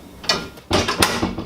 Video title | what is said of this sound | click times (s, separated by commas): FULTERER ΣΥΣΤΗΜΑ ΦΡΕΝΟΥ ΓΙΑ ECD79 ΓΙΑ ΟΔΗΓΟ ΣΥΡΤΑΡΙΟΥ SERIE 795-ΜΑΡΜΟΥΡΗΣ Α.Ε. | one click two clicks | 0.3 s, 1.0 s